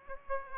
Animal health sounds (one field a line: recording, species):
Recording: mosquito wingbeat signal from an infrared sensor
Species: Aedes aegypti